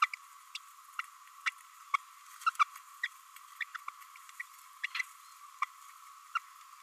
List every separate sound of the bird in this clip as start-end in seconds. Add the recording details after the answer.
0.02-0.07, 0.55-0.59, 1.46-1.50, 1.94-1.97, 3.02-3.07, 3.60-3.64, 3.74-3.77, 4.40-4.42, 4.84-4.86, 4.99-5.02, 5.62-5.65, 6.35-6.39. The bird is a female. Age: 27 days. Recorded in a nest box in Venezuela. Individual 17B32A5